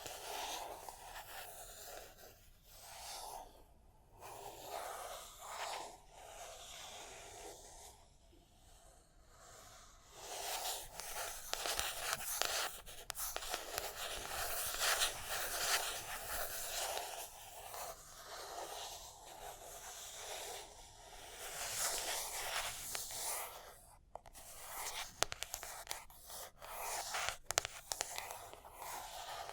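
Tapping and scratching fill the clip, a dense, bright rasping texture with frequent short gaps and sharp breaks. The scratching swells louder from about ten seconds on, and quick tap-like clicks cut through near 24 and 27 seconds.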